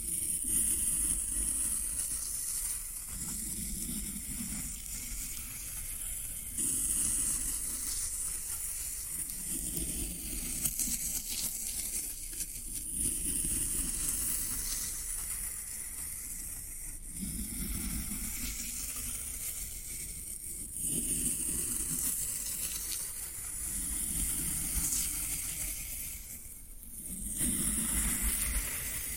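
Floral foam being worked, giving a continuous crackling hiss with a bright fizzing edge, much like sizzling. A low rumbling texture swells in repeated pulses every few seconds throughout, while the overall level stays fairly steady with a brief dip near 26 seconds.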